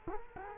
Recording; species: mosquito wingbeat signal from an infrared sensor; Culex quinquefasciatus